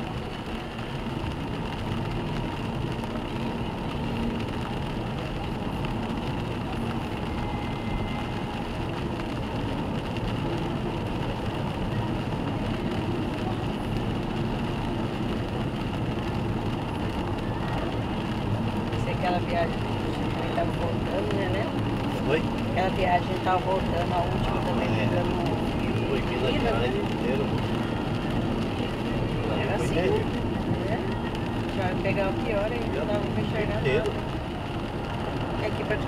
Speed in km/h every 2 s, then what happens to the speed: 59, 62, 61, 65, 66, 70, 68, 69, 73, 77, 79, 79, 80, 77, 69, 66, 66, 70.
0-9 speeds up to 70. 9-15 steady at about 69. 15-19 speeds up to 79. 19-24 steady at about 79. 24-30 slows to 66. 30-36 steady at about 66.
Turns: none.